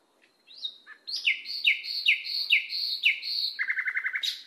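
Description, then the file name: Nightingale song with a rising note, then a run of rasping, sliding phrases and a fast stuttering rattle at the end. Masteran recording, made for training cage birds to sing. "suara masteran nightingale"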